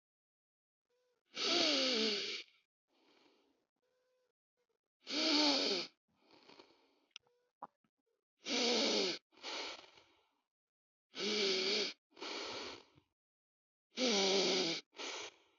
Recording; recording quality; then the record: deep breathing; excellent, no background noise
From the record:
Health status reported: healthy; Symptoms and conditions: cough, cold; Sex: male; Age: 24 years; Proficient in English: yes